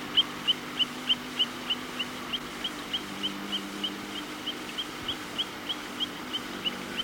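Long-billed plover calling: short, high, clear whistled notes, each slightly rising, repeated about three times a second in an even series over a low steady hum.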